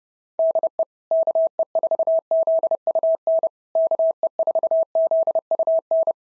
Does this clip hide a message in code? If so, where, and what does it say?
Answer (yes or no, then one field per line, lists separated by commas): yes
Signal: Morse code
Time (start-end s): 0.4-6.1 s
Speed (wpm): 32 wpm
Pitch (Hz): 650 Hz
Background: none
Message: DE KE4ZUN KE4ZUN